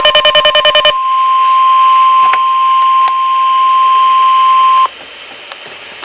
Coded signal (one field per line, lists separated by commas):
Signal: Emergency Alert System (SAME) tones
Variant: 1050 Hz attention tone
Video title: June 17-18, 2014 WX Radio and EMA Scanner EAS Alerts #5-10